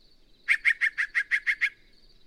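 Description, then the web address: Yellow-breasted Chat song: a quick series of eight harsh, even notes, evenly spaced over about a second, under a faint steady high hiss. "birdsongforthecurious songs Yellow-breasted Chat"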